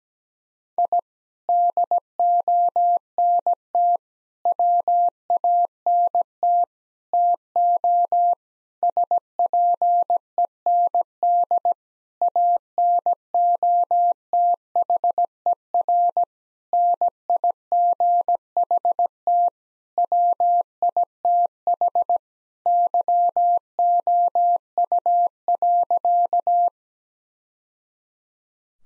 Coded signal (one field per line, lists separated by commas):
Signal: Morse code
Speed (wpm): 17 wpm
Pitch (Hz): 700 Hz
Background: none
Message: I DONT WANT TO SPEND ANOTHER NIGHT WITH YOU.